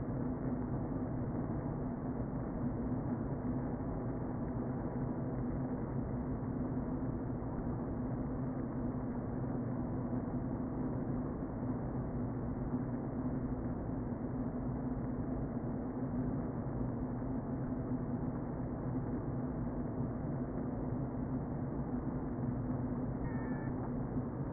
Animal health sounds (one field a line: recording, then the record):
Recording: honeybee colony, microphone inside the hive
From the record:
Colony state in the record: queen present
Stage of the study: before two queens were removed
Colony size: about 60,000 bees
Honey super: yes